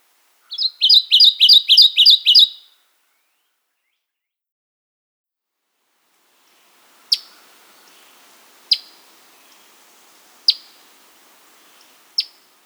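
Kentucky warbler song, one rolling burst of six or seven repeated chirps, followed later by four sharp, evenly spaced call notes over faint background hiss.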